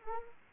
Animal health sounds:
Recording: mosquito wingbeat signal from an infrared sensor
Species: Anopheles arabiensis

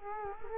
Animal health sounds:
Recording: mosquito wingbeat signal from an infrared sensor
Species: Culex quinquefasciatus

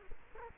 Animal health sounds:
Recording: mosquito wingbeat signal from an infrared sensor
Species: Culex quinquefasciatus

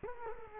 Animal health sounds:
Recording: mosquito wingbeat signal from an infrared sensor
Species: Culex quinquefasciatus

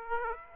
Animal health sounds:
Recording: mosquito wingbeat signal from an infrared sensor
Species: Aedes aegypti

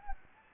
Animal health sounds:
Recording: mosquito wingbeat signal from an infrared sensor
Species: Anopheles gambiae

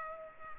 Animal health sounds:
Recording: mosquito wingbeat signal from an infrared sensor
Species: Culex pipiens

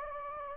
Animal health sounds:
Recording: mosquito wingbeat signal from an infrared sensor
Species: Anopheles gambiae

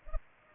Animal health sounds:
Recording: mosquito wingbeat signal from an infrared sensor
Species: Culex pipiens

